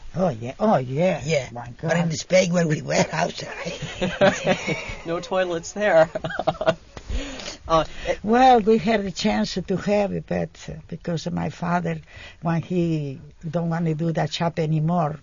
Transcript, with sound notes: Oh, yeah, my God.
But in Spain we went outside. ( they laugh )
No toilets there.
Well, we had a chance to have it, but because my father, when he don't want to do that job any more,